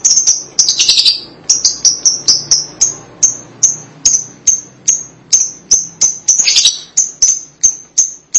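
Lovebird calls: sharp high chirps repeated about every half second, with a brief burst of rapid chattering near the start and another later on.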